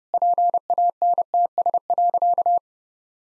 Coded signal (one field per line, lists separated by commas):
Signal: Morse code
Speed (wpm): 30 wpm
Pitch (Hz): 700 Hz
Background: none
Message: PANTS.